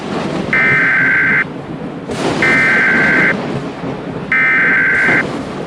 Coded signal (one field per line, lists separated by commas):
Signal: Emergency Alert System (SAME) tones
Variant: header bursts